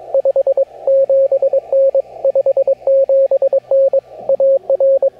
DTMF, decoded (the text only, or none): none